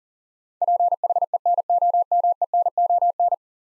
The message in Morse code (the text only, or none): PHENOMENON